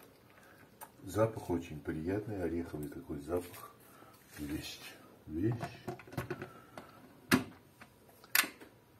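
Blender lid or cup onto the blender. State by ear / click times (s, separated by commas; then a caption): seated / 8.4 s. After sesame milk is poured, someone talks, then a plastic part of a Centek CT 1329 blender, its lid or cup, is fitted onto the blender and pushed down. A sharp short hit at about 7.3 s comes just before the part clicks into place at 8.4 s, seated.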